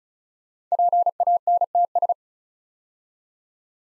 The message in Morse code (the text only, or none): PANTS